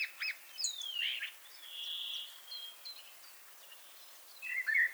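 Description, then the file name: Common blackbird song: soft fluty and squeaky notes with a drawn-out high whistle, ending in a brighter warbled phrase. "Turdus merula"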